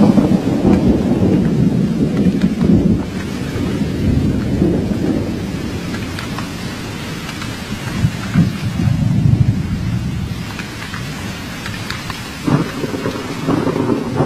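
A thunderstorm with steady rain, heard all around. A low rolling thunder rumble dominates the first three seconds, then eases into a softer, continuous roar of rainfall. Brief louder swells near eight and twelve seconds break the even patter.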